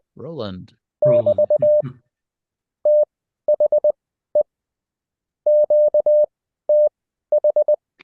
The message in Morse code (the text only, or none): <BT> THE QTH